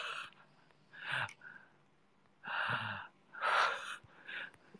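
Snoring from an adult sleeping soundly nearby: several loud, breathy snore bursts separated by quieter pauses.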